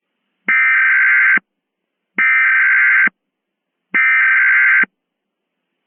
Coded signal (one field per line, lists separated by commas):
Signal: Emergency Alert System (SAME) tones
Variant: header bursts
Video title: #2 EAS Mock: Thrawn's Invasion (Halloween 2023)